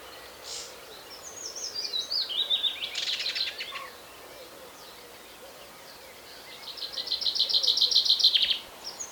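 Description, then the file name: Common Chaffinch song: two phrases separated by a short gap, the first a trill tumbling downward to an emphatic flourish, the second a rapid trill swelling in loudness. "Fringilla coelebs"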